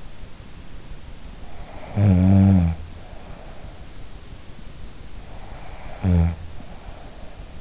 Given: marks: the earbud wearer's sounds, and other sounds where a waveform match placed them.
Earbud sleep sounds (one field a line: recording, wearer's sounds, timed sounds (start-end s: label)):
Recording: sounds in sleep by an in-ear microphone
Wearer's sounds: snoring breath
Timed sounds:
1.58-2.79 s: snoring breath
5.30-7.26 s: snoring breath